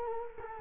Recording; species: mosquito wingbeat signal from an infrared sensor; Culex quinquefasciatus